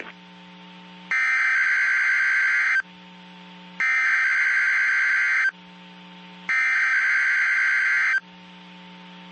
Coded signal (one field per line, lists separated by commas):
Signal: Emergency Alert System (SAME) tones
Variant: header bursts